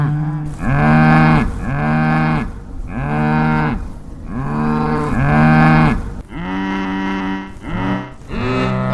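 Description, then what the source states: Cow moos: a steady run of several arched lowing calls, with no other clear sounds. Cows in the mountains.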